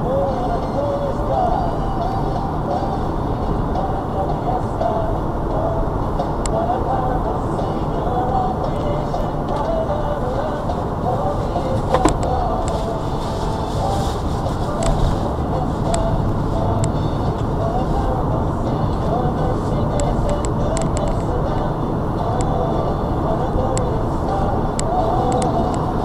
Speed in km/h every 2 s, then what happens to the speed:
68, 68, 68, 68, 68, 66, 64, 63, 63, 64, 66, 71, 76.
0-17 steady at about 68. 17-26 speeds up to 76.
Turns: none.